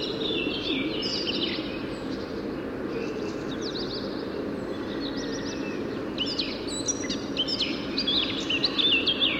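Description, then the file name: Eurasian blackcap song, quick bursts of high warbled and twittering notes in irregular phrases over a steady low rumble of background noise. "Sylvia atricapilla"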